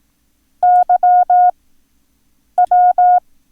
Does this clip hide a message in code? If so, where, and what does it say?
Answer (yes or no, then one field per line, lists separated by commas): yes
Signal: Morse code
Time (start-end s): 0.6-3.2 s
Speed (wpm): 18 wpm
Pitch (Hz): 720 Hz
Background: none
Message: YW